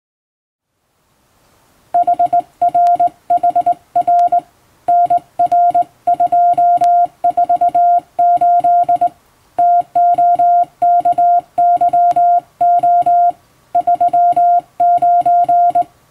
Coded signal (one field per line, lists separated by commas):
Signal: Morse code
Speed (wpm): 19 wpm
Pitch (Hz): 700 Hz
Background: music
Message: HRHR NR248 TOKYO 39